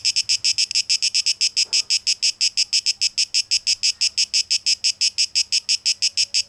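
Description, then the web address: Cicada song, rapid rasping pulses, steady and insistent, with a brief soft noise early on. Cicadas in a tape echo mix, dated 12 August 2023. "rauschpartikel Audio 2023-08-12 Zikaden"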